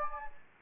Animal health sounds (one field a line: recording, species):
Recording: mosquito wingbeat signal from an infrared sensor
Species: Anopheles gambiae